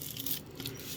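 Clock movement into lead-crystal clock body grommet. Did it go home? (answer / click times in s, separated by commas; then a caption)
yes / 0.7 s. A clock movement is dropped back into its rubber grommet in a hand-cut lead-crystal clock body and pressed home, with a few short taps and light scraping. It seats with a small, positive click at 0.7 s.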